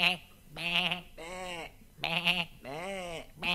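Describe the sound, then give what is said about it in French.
A human voice mimics a goat, as actors did offstage for Esmeralda's goat in a stage play, with four quavering, nasal bleats in two pairs, the second of each pair wavering in pitch, loud and alone with no other sounds. “Cette malheureuse chèvre, censée en coulisses, ne se révélait que par des bêlements que chaque acteur faisait à tour de rôle.”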